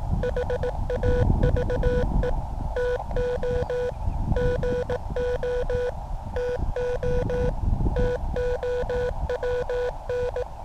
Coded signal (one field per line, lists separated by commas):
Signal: Morse code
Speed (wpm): 18 wpm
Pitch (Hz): 490 Hz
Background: none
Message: HAVE TO GO TO TOWN